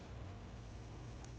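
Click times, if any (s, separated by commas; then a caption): none. The high-pressure hose of a BC383HSS pressure washer is pushed into the trigger gun handle over a steady low rumble, with a faint, very short tick near 1.2 seconds. Nothing has clicked or seated yet; the hose is handled but not yet home.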